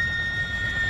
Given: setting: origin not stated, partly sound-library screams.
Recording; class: one-second piece from a danger detection set; woman in danger